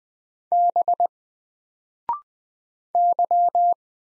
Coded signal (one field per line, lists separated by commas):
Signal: Morse code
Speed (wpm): 20 wpm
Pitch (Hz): 700 Hz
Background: none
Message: B Y